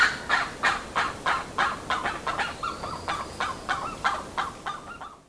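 Bird honks, harsh nasal notes in a steady run of about three per second, fading slightly toward the end, with a faint whistle-like tone midway.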